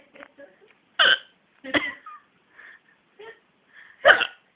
Hiccups hiccups hiccups.